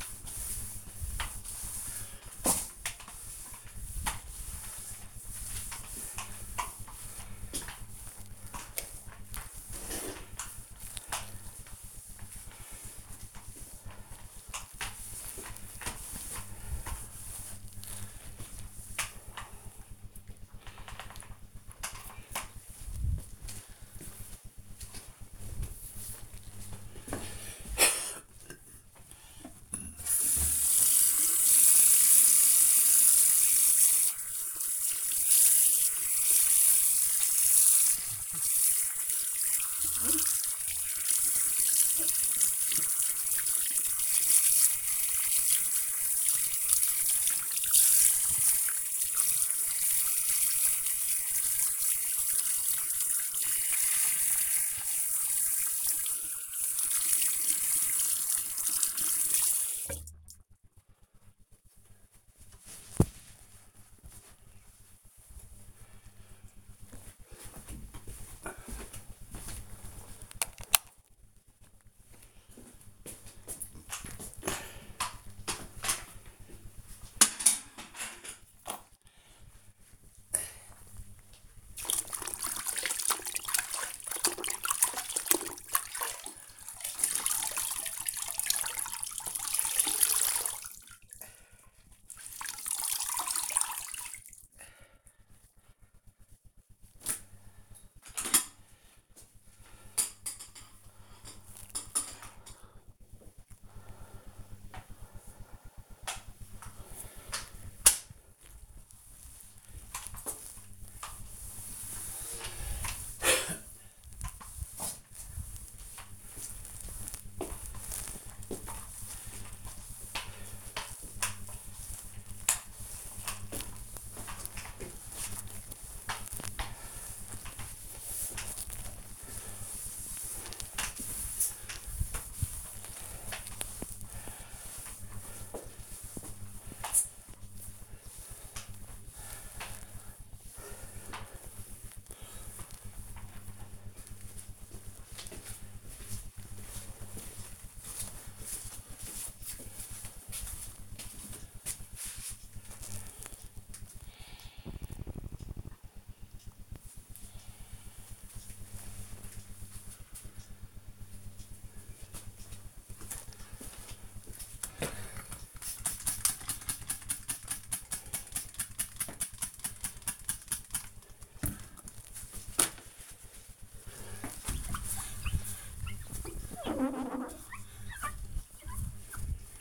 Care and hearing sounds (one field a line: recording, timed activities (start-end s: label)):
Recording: household activities, microphone on the right wrist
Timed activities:
0.00-21.32 s: floor cleaning
32.41-60.59 s: washing hands
73.66-140.15 s: floor cleaning
164.32-179.61 s: window cleaning